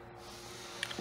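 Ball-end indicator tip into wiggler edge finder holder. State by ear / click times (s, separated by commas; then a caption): seated / 0.8 s, 0.9 s. The ball-end indicator tip of a wiggler edge finder set is pushed into its metal holder over a steady low background hum. Two short, sharp clicks ring out at 0.8 s and 0.9 s as the tip clicks into place and seats in the holder.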